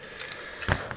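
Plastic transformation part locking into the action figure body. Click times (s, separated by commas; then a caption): 0.7 s. On the final step of converting a plastic transforming action figure from bike to robot mode, a plastic part is pushed into the figure's body and locks into place with a sharp click at 0.7 s. Light plastic ticks and rattles come before it, and a smaller tick follows at 0.9 s. The part is seated.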